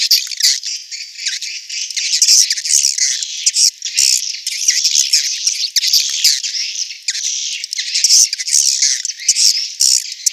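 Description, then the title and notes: Swiftlets twittering in a dense, continuous chorus of high, shrill chirps and buzzy trills that overlap without a break. Asia; sound used in swiftlet farming to attract the birds. "Swiflet Bird Sound. Farming Swiflet Bird asia sound"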